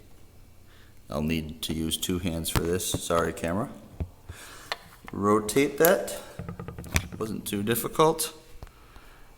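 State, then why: Seated. A sector antenna is rotated with both hands onto the twist-lock mount of a wireless access point radio while someone talks. Light rubbing and scraping build to a sharp click at 7.0 seconds, and the antenna seats and locks with its square mark lined up with the release button.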